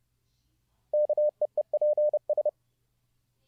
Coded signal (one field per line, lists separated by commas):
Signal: Morse code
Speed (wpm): 29 wpm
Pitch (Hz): 600 Hz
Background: none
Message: KEEPS